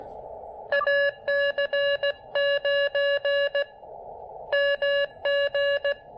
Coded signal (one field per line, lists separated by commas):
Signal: Morse code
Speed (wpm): 17 wpm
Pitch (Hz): 590 Hz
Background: none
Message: AC9MG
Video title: Pairing the Elecraft KX2 and AX1 with a little QRP Coffee for some proper portable POTA fun!